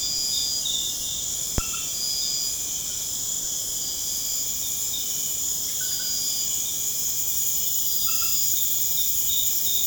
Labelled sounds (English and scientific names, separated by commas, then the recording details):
none
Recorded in pastures near Puerto Asís, Putumayo, Colombia, on 22 June 2025 at 20:00
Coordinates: 0.496, -76.326
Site GP01